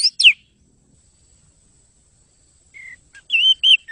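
Bird calling with a few sharp chirps at the start, then a pause followed by short whistled notes near the end.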